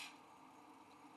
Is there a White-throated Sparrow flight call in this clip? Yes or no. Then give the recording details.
no. No flight call is heard. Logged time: 02:47 on 5 December 2014